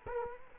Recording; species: mosquito wingbeat signal from an infrared sensor; Culex quinquefasciatus